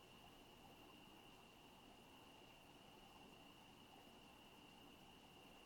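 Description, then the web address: Crickets produce a constant high-pitched trill, unchanging from start to finish, with a soft low rumble underneath. Residential town at night. "Sonik Sound Library - Spatial Towns Ambience, Residential, Night, Crickets, Night Bird"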